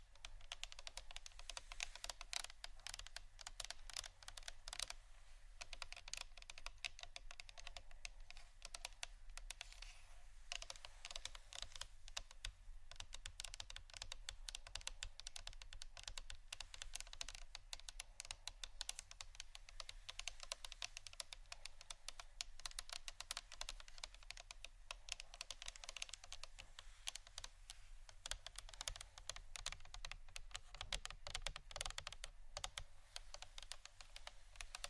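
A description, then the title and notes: Fingers tap and scratch on plastic bottles in a dense, rapid patter of light clicks that runs without pause for the whole stretch. The sound is bright, with crisp clicky tops, and a low steady hum sits underneath throughout. ASMR Tapping & Scratching on Plastic Bottles （No Talking）.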